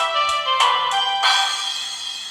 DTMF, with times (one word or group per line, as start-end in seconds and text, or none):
none